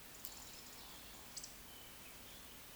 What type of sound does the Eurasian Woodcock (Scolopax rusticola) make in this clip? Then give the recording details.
whistle, croak. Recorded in Baden-Württemberg, Germany, on 2 June 2021 at 19:26 UTC. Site 25832, 648 m above sea level